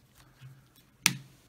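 The two plastic halves of a TV remote control, opened to fix sticking buttons, are pried apart starting at the bottom. After faint handling noises around 0.2 s and 0.4 s, the first plastic snap-fit clip of the case releases with a sharp, loud snap at 1.1 s. The clip comes free and the case halves begin to separate.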